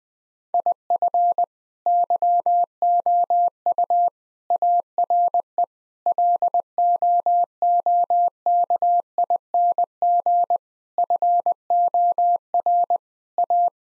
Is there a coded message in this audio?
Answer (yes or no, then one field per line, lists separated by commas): yes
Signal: Morse code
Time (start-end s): 0.5-13.7 s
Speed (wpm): 20 wpm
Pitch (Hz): 700 Hz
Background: none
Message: IF YOU ARE LOOKING FOR A